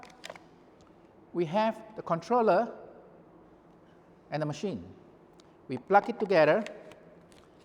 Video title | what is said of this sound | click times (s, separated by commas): ASPIRE Incubation Lab - STEM Innovation Series - Developing Innovations: Prototyping & Testing | and there's a click sound here and then it sits in and it's fully automated | 6.9 s